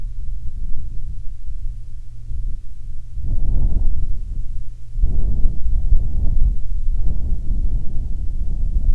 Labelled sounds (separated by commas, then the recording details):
wind
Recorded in the Prudhoe Bay oil fields, Alaska, on 7 August 2019 at 14:23
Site 17